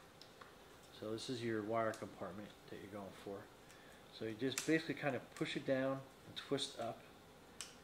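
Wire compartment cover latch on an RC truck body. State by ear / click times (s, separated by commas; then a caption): seated / 7.6 s. Someone talks while pushing down and twisting the plastic latch on the wire compartment cover of a DEERC 001E RC truck. A sharp snap at 7.6 s marks the latch locking into place.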